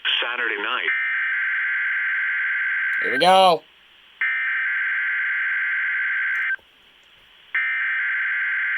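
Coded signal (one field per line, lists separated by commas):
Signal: Emergency Alert System (SAME) tones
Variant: header bursts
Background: speech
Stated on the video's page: EAS Required Weekly Test tones from a weather radio station.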